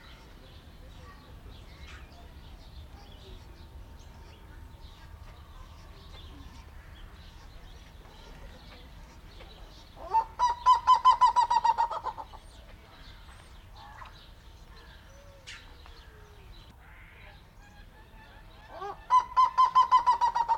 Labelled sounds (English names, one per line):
Black-legged Seriema call